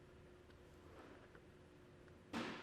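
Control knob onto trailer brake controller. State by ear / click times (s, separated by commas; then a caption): not seated / none. A plastic control knob is positioned and lined up at the 12 o'clock position on the shaft of a Redarc Tow-Pro Elite trailer brake controller in a 2023 Jeep Wrangler Unlimited, before being pushed home. Only faint handling sounds and soft ticks near 1.4 s and 2.1 s are heard over a low steady hum, followed by a louder burst of broadband noise from about 2.3 s to the end. Nothing has seated or clicked yet.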